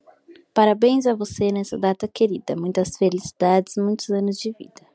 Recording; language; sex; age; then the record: short text; Brazilian Portuguese; female; 20 to 29 years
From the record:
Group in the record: control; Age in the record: 21 years